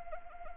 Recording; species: mosquito wingbeat signal from an infrared sensor; Anopheles arabiensis